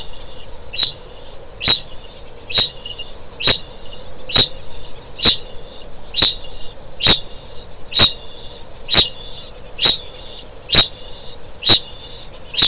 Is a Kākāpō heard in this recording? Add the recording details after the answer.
yes. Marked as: faintness 3/5. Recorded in New Zealand. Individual Stumpy